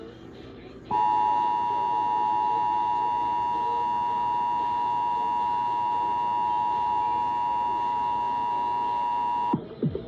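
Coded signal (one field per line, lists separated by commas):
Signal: Emergency Alert System (SAME) tones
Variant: 853 and 960 Hz attention tone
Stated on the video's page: Real severe thunderstorm warning received on AM broadcast station at 820 kHz, Fort Worth, Texas.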